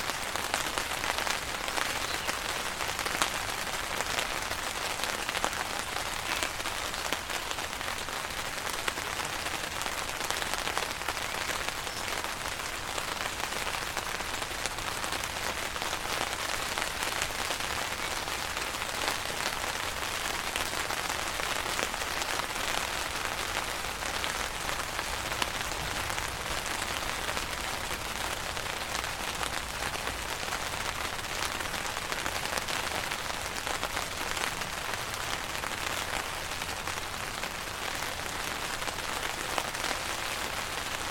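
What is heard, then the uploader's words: Steady, dense rain patters on a tent, a constant bright hiss of countless drops with a faint low rumble underneath throughout. Rain on a Tent Sounds. The calming sound of rainfall on a tent while camping.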